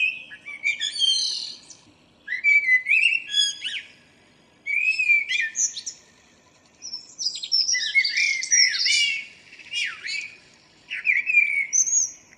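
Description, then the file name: Common blackbird singing: a series of rich, mellow warbled phrases, each trailing into high scratchy twitters, repeated with short pauses between them. "Turdus merula"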